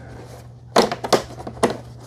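A plastic ramp is pushed onto the bottom of the self-empty station of an ECOVACS DEEBOT N10 PLUS robot vacuum, its little detents snapping in. After a low steady hum and a burst of handling noise starting around 0.8 s, sharp snaps are heard at 1.1 s and 1.6 s. The ramp is confirmed seated in the base of the docking station.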